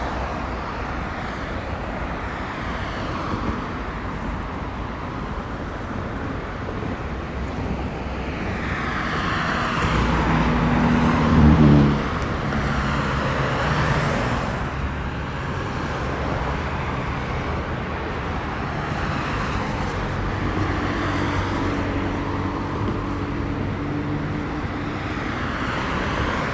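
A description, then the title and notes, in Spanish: A continuous wash of sea sound with a steady, dense rush throughout. Around 10 to 14 seconds the surge swells and peaks briefly near 11 seconds, while a low engine-like hum passes then and again around 20 to 23 seconds, suggesting road traffic. Sonidos del mar. Paisaje sonoro del mar y su tranquilidad. Grabado en Chorrillos - Lima.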